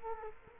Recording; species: mosquito wingbeat signal from an infrared sensor; Culex quinquefasciatus